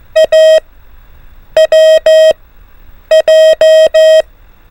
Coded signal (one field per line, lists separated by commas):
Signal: Morse code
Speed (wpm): 15 wpm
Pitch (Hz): 630 Hz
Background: none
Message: A W J